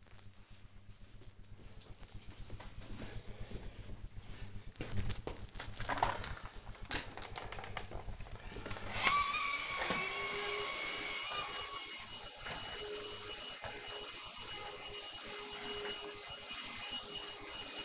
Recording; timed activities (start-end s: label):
household activities, microphone on the right wrist
6.80-17.85 s: vacuum cleaning